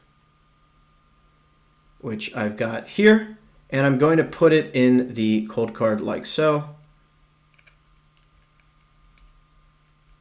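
A microSD card is handled at the spring-loaded card slot of a Coldcard hardware wallet while someone talks. After the talking stops, only faint handling sounds are heard, and nothing has seated or clicked yet.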